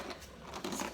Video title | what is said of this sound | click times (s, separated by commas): Implements | the nice little click and closed container nice clean and dry implements so | 0.7 s